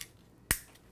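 A plastic propeller is twisted onto the motor hub of a DJI Spark drone until it locks in place. After a faint tick at the start, one sharp, bright snap rings out at 0.5 s and fades quickly into near silence. The propeller is seated and locked on.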